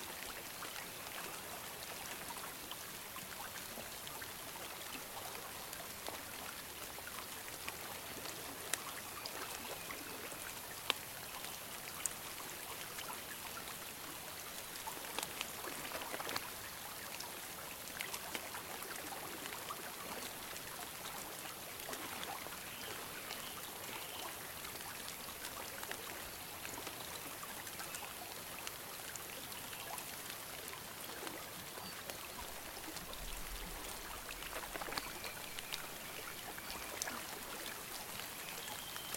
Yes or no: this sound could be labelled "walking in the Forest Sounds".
no